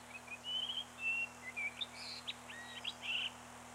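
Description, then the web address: Bird song in a quick run of varied whistles and chirps, some sliding, others clipped, over a faint steady hum. Labelled gularis; dated 25 05 94. "birdsong 25 05 94 gularis 18 XII"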